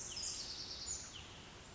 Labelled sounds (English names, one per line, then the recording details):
Pacific Wren
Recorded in Sonoma County, California